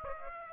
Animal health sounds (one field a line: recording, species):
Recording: mosquito wingbeat signal from an infrared sensor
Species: Aedes aegypti